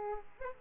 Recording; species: mosquito wingbeat signal from an infrared sensor; Aedes aegypti